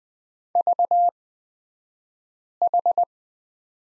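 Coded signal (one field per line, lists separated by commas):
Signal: Morse code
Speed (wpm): 20 wpm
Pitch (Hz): 700 Hz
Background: none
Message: VH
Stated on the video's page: Morse code course lesson on the letter Q at Farnsworth speed of 20/10 wpm.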